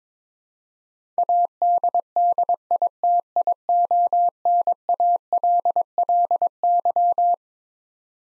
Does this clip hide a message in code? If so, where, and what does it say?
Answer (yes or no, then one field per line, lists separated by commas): yes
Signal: Morse code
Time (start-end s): 1.2-7.3 s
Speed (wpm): 22 wpm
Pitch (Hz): 700 Hz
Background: none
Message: ADDITIONALLY